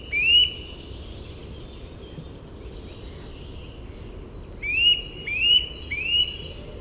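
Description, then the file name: Eurasian nuthatch with one rising whistle at the start and three more in quick succession later, with soft chirps of other birds behind. "Sitta europaea"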